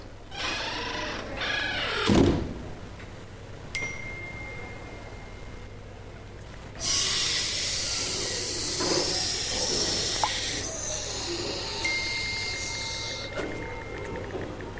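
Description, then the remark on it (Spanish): Water runs from a tap in a steady, hissing rush for several seconds before cutting off, preceded by a few soft clunks and a brief thump, with no one talking. “Apaga el agua, ¿no ves que se gasta?”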